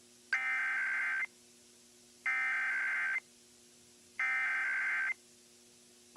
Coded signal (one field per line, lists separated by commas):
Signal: Emergency Alert System (SAME) tones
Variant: header bursts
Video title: Iowa Required Monthly Tests (EAS #64-65)